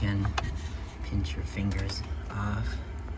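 An electrical connector is being handled at the electronic throttle body of a 2005–2020 Dodge Grand Caravan / Chrysler Town and Country during reinstallation after throttle body cleaning. Someone talks over faint handling noises, with a brief sharp sound near the end at 3.1 s. The connector has not seated or clicked into the throttle body yet.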